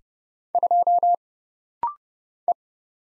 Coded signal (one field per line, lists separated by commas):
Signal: Morse code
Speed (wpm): 31 wpm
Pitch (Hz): 700 Hz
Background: none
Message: 2 E